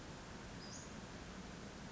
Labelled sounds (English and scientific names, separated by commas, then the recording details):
Western Flycatcher (Empidonax difficilis)
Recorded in Sonoma County, California